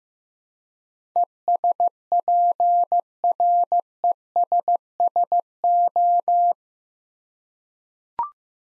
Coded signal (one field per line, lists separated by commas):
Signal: Morse code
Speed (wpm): 15 wpm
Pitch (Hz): 700 Hz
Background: none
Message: ESPRESSO